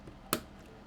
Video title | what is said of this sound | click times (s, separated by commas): 9800x3D + X870E : How to Upgrade your CPU and Motherboard to the Best Gaming AM5 | You're going to apply pressure down and up. So 1 little click, | 0.3 s